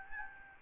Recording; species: mosquito wingbeat signal from an infrared sensor; Aedes albopictus